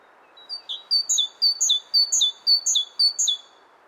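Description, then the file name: Great tit singing, a bright high two-note phrase repeated several times in quick, even rhythm over a soft steady background hiss. "Great Tit, Kohlmeise"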